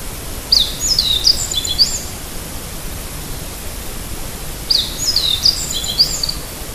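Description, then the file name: Meadow bunting song: two similar high, rapid phrases of sharp chirps and slurred notes, about four seconds apart, with steady hiss throughout. "hojiro"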